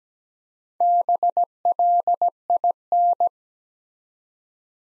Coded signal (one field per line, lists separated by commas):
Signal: Morse code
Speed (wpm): 17 wpm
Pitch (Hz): 700 Hz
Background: none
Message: BLIN